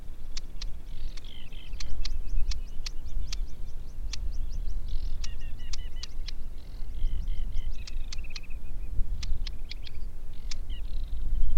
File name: Aquatic Warbler - Acrocephalus paludicola